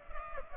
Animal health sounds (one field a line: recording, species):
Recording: mosquito wingbeat signal from an infrared sensor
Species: Culex pipiens